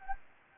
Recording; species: mosquito wingbeat signal from an infrared sensor; Anopheles gambiae